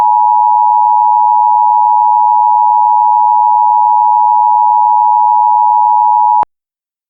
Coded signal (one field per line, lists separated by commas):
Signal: Emergency Alert System (SAME) tones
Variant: 853 and 960 Hz attention tone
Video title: EAS Recreation (Utah April 2022 Monthly Test) (First Video On Sony Vegas Pro 10